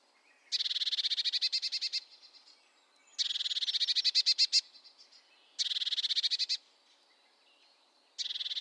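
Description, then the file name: Eurasian blue tit giving four bursts of fast, buzzy, repeated churring notes with short pauses between; the last burst is cut off. "Cyanistes caeruleus"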